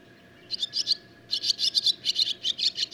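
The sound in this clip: Barn swallow twittering, a brief cluster of high notes followed by a faster, steady series of bright chirps.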